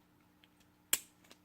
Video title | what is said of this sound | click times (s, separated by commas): Maine Vape Co. - Cadillac | there and if you hear the pop on it and then as you can see it does have a standard chubby gorilla unicorn tip drip | 0.9 s